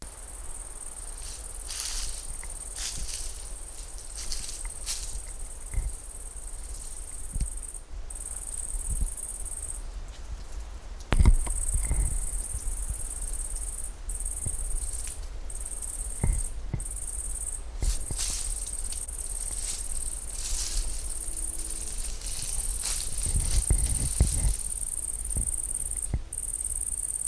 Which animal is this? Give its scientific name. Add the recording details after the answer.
Tettigonia viridissima. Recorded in the wild. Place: Groß Dölln, Schorfheide, Brandenburg, DE. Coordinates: 53.01, 13.56. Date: 1996-08-06 17:49. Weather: wechselnd wolkig, ca. 17°C. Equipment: Sony MD-WM MZ-R3, Sennheiser ME 80, Kopie Uher 4000 Report Monitor. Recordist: Tembrock, Günter